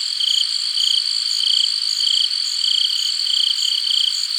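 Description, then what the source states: Crickets chirping in a steady high-pitched chorus, bright pulsed trills repeating regularly over a continuous buzzy ringing. Several crickets.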